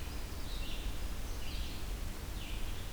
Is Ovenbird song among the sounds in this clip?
no